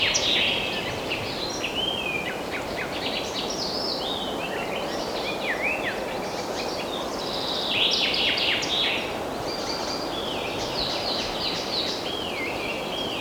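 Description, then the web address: Several birds chirp and twitter continuously with short whistles and slurred notes, over a persistent broad hiss. Forest birds. "مجموعه افکت صدا حیوانات SES Animals SFX Forest Birds"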